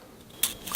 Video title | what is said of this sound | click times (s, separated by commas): Snow Peak Titanium LiteMax (Ultralight Canister Stove BATTLE!) | like that they lock into place and then you can take these little legs off or open these up | 0.4 s